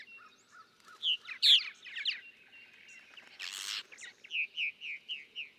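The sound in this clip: Purple martin song: rich gurgling chirps and croaks early on, a brief noisy burst, then a run of five evenly spaced descending chirps.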